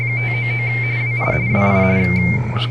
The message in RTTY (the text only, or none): 599 WI WI